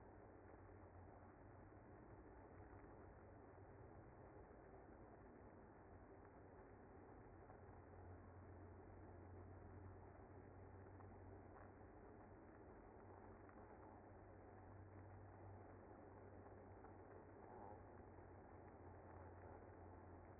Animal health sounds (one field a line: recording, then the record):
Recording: honeybee colony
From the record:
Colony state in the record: active